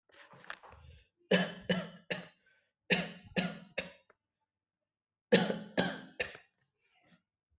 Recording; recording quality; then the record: shallow voluntary cough; excellent, no background noise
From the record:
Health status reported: healthy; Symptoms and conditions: none ticked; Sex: male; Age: 38 years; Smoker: not ticked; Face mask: not worn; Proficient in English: yes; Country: India